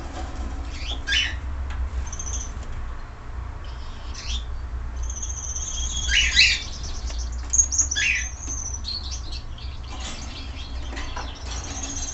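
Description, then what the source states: Gouldian finch song: thin, high buzzy notes and hissing whirrs with short downward sweeps, given in scattered bursts over a steady low hum. Red-headed Gouldian finch, singing.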